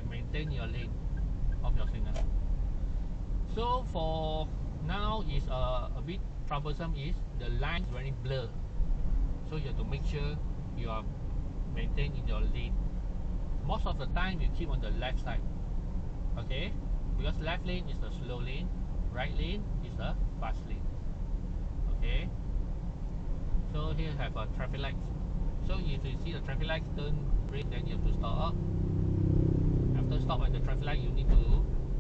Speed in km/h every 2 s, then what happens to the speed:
30, 31, 35, 34, 37, 37, 38, 39, 39, 37, 37, 37, 40, 39, 41, 41.
0-10 speeds up to 37. 10-32 steady at about 39.